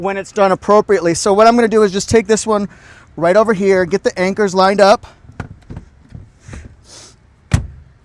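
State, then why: Seated. A removable second-row seat in a 2026 Kia Carnival minivan is lined up with its floor anchors and dropped in until its latches lock. Someone talks for the first five seconds, then soft handling knocks and rattles come at about 5.4 to 5.8 s. A loud, sharp latch click at 7.5 s shows the seat is seated.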